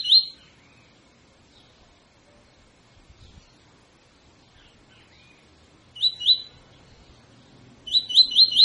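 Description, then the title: Double-collared seedeater: brief bursts of high, rapid, rising notes at the start, near six seconds and near eight seconds, separated by long quiet gaps. Tutor song (canto professor) for training birds; tui tui song style; bird described as fibra. "COLEIRO TUI TUI FIBRA CANTO PROFESSOR"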